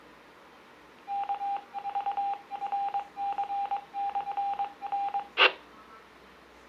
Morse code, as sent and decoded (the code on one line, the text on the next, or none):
-.- ...- .-. -.-. -..-. -.
KVRC/N